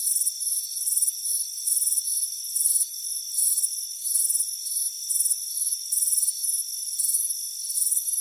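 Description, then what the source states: Cricket chirping in bright, high trills repeated again and again, against constant high-pitched tones in the background. Crickets chirping on a warm afternoon by a front porch with a hammock.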